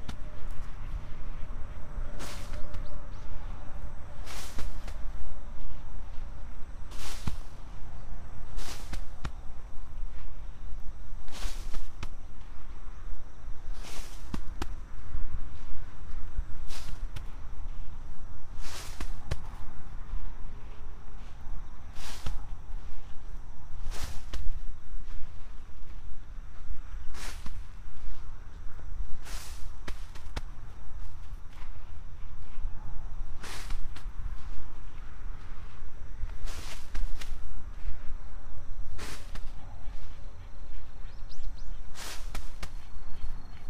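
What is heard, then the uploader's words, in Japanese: Garlic cloves are planted one by one: a sharp, crisp tap or snap comes about every two seconds, very regular throughout. Beneath it runs a steady low rumble of distant traffic, with a thin, constant high insect trill and occasional faint bird calls. 秋の、日が暮れ始めた16時過ぎ、ニンニクの定植。台風が南遠くから近づいてきている。曇り空の空気の少し重たい夕暮れ。穴あきマルチに棒で穴を開け、1片ずつニンニクを入れたあと、土をかけていく。秋の夕方 ニンニクの定植。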